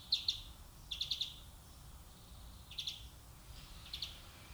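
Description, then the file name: European greenfinch calls, quiet clusters of quick high ticking notes with a faint buzzy haze, four short bursts over a steady hiss of background noise. "Chloris chloris"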